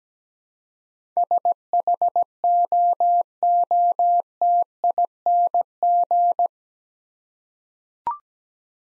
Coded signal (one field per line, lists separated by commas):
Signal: Morse code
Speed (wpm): 17 wpm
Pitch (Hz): 700 Hz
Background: none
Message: SHOOTING